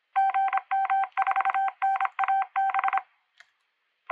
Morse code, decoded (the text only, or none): GM4NAB